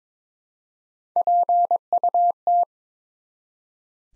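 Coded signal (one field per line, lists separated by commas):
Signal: Morse code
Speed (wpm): 22 wpm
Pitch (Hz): 700 Hz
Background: none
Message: PUT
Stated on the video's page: Morse practice at 22 wpm building 3- to 5-letter words one letter at a time, for instant character recognition.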